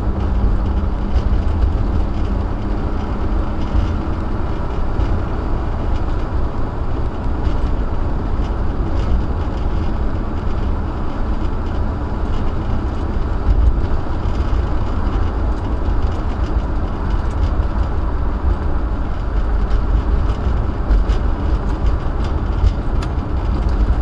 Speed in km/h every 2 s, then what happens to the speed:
64, 71, 69, 77, 71, 72, 74, 74, 74, 72, 71, 69.
0-2 speeds up to 71. 2-15 steady at about 72.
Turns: none.